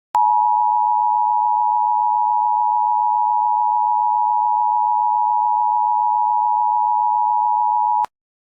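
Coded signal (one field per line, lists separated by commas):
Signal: Emergency Alert System (SAME) tones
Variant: 853 and 960 Hz attention tone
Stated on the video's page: Fictional short based on an SCP story, not a real alert.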